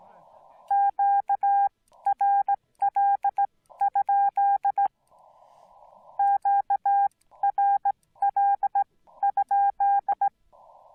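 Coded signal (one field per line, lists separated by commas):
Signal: Morse code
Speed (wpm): 16 wpm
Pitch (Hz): 800 Hz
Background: speech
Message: QRL? QRL?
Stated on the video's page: Parks on the Air activation from Delicate Arch on 20m CW, Yaesu FT-891 at 50 watts into a 40m EFHW, battery powered, windy crowded site.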